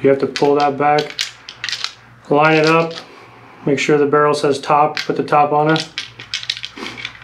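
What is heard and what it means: Someone talks while handling an Altor 9mm pistol, lining its top slide up with the barrel marked "top" to slide it onto the frame. Short metallic knocks and rattles come around 1.5–1.8 s and again around 6.3–7.1 s. The slide has not locked into place yet, and nothing has seated or clicked.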